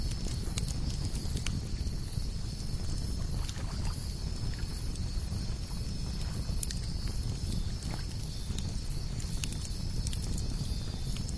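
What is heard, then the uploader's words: A campfire burns with a steady low rumble and roar that holds level throughout. Sharp crackles and pops break through every second or so, some brighter snaps standing out, over a faint constant high hiss. Fire at the ultimate lakeside camp.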